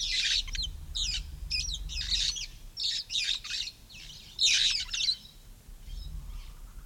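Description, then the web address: Red-fronted parrot making short, grating shrieks in separate bursts, the loudest cluster near four and a half seconds, then trailing off into quiet. "parrots poicephalus-gulielmi"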